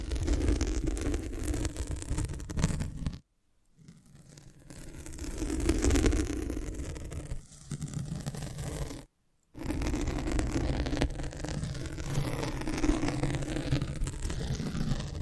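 Close, dense scratching and tracing fills the clip with a rough, bristly rustle that swells and eases over the seconds, with faint quick taps among it. The sound cuts to full silence twice, briefly around three seconds and again near nine.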